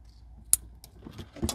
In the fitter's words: There it is, heard the click.